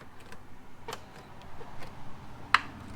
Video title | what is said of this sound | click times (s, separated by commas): Vlog 02 - BMW M4 Black Kidney Grill (F80, F82, F83) | clicked into place nice and easy. | 2.6 s